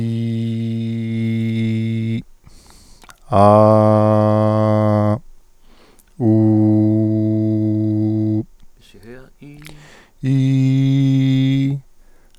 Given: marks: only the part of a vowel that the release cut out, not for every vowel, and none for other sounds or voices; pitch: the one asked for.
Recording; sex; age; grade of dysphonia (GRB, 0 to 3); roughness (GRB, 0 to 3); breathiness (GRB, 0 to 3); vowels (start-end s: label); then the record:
sustained vowels; male; 30 to 39 years; 1; 1; 1
0.00-1.93 s: vowel /i/, normal pitch
3.57-5.07 s: vowel /a/, normal pitch
6.34-8.33 s: vowel /u/, normal pitch
10.32-11.61 s: vowel /i/, high pitch
From the record:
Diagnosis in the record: healthy voice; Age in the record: 31 years